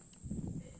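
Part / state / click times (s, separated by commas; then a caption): keyboard ribbon cable connector into laptop motherboard socket / not seated / none. A replacement keyboard's ribbon cable connector is handled over the motherboard socket of a ThinkPad X220 laptop while the keyboard is being refitted. A soft, low handling rumble swells from about 0.2 to 0.6 s over a steady high-pitched tone. Nothing has seated or clicked yet.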